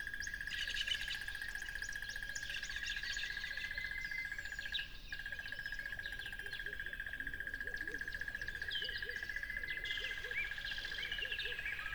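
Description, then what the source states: Crickets chirping in a steady, fast pulsing trill that runs almost without a break, with scattered bird chirps and whistles above and a low background hiss. Crickets by a lively tropical river.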